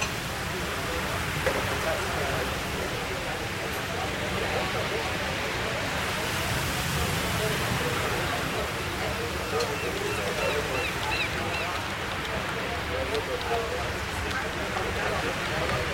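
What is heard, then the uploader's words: Coffee shop chatter blends with a steady wash of ocean waves, forming a dense, even bed of sound that barely changes over the sixteen seconds. Murmured voices run throughout, with a few faint higher clinks and tones appearing around the middle. Seaside Coffee Shop Ambience: Cafe & Ocean Waves Sounds. The sound of waves and gentle chatter.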